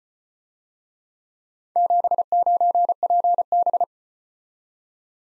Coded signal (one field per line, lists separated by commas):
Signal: Morse code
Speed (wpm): 34 wpm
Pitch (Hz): 700 Hz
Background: none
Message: 79PB